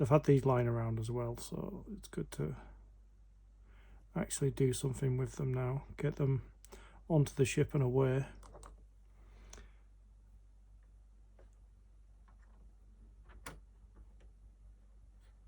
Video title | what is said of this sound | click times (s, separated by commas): FANHOME Star Wars: Build the Millennium Falcon - Stage 56 | They just click into place like that. | 9.5 s, 13.5 s